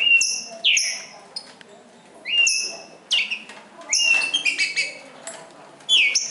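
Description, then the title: Green-winged saltator song of clear whistled notes, several phrases in a few seconds, overlapping with bright high calls from another bird. Trinca-ferro called Nicão singing in the bush, competing with a free wild bird. "Trinca Ferro NICÃO No Mato Disputando Com Solto"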